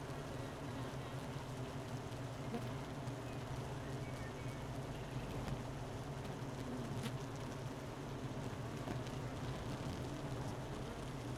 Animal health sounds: honeybee colony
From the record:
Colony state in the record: missing queen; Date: 31 May 2018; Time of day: 12:02

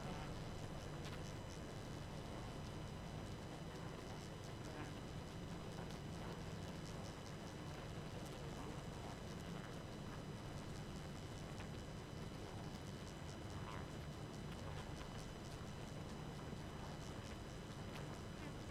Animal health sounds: honeybee colony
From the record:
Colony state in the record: active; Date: 12 June 2018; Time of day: 22:37

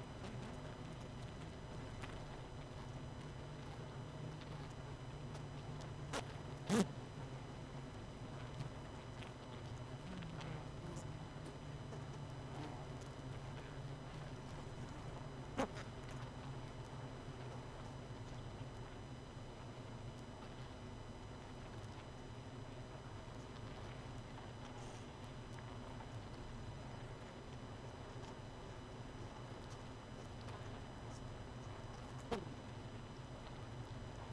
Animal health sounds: honeybee colony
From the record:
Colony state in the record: missing queen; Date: 31 May 2018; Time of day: 23:26

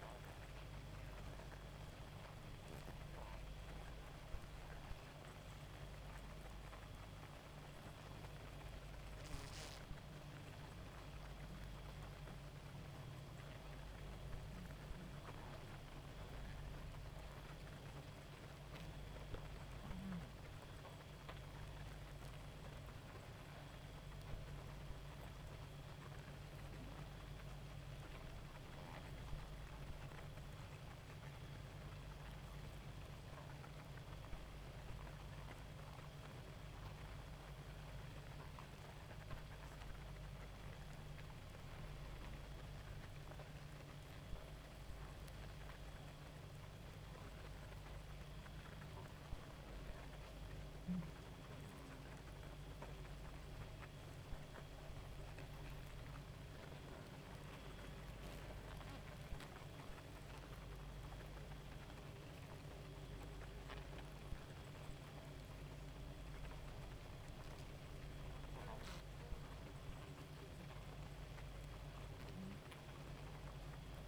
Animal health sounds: honeybee colony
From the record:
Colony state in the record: active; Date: 28 July 2017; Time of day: 1:14

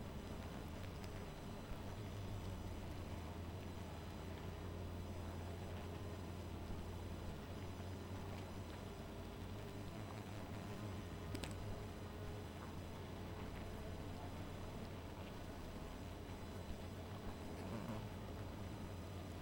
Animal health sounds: honeybee colony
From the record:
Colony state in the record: missing queen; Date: 14 July 2017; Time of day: 1:12

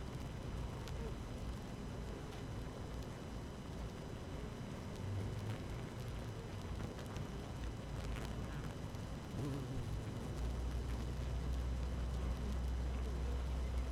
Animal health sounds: honeybee colony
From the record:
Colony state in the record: active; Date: 12 June 2018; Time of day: 17:39

